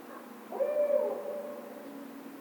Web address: Barred Owl 2010 03 16 Barred Owl